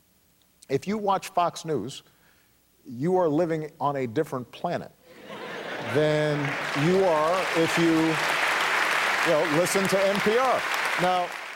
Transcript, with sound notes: If you watch Fox News, you are living on a different planet...
(LAUGHTER, APPLAUSE)
...Than you are if you, you know, listen to NPR.